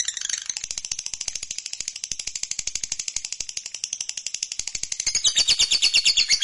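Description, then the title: Lovebird giving a long, fast trill of sharp high chirps, steady rapid pulses that grow louder and harsher near the end. Fighter-type lovebird giving ngekek panjang, a long trilling song style. "Begitu Dengar Suara Lovebird FIGHTER NGEKEK PANJANG"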